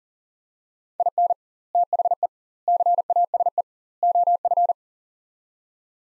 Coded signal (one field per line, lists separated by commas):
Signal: Morse code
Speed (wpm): 40 wpm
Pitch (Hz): 700 Hz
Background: none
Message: IN THE CASE OF